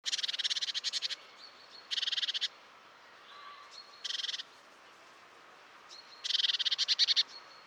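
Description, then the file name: Great tit making rasping, pulsed churr calls, four bursts of differing length with uneven pauses. "Parus major"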